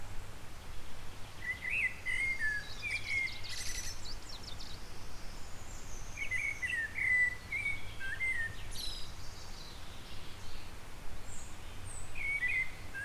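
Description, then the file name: Eurasian blackbird song: rich, wavering fluty phrases followed by high screechy twitters, repeated with pauses, over a low steady rumble. "Turdus merula"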